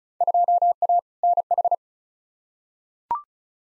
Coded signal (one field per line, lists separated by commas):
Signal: Morse code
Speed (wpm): 36 wpm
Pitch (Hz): 700 Hz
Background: none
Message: 2A NH